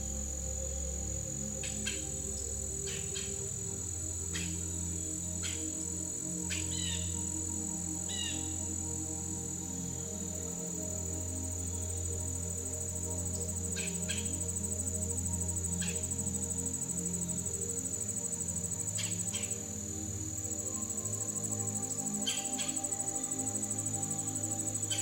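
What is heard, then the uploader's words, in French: Forest sounds blend with soft, soothing music: a steady low hum and gentle sustained tones fill the bottom throughout. A constant high insect-like whine runs across the top, while brief bird chirps pop up every few seconds, clustered near 2–9 and 13–24 seconds. Bruits de la FORET et une MUSIQUE Apaisante. Sons naturels de la forêt, magnifiquement entrelacés avec une musique douce et apaisante.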